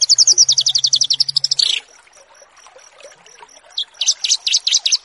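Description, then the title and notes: Bush lark song starts with a fast run of high buzzy notes, falls quiet, then resumes with a brisk series of clipped chirps, a faint repeated pip between. Song tutoring for cage birds. "burung BRANJANGAN"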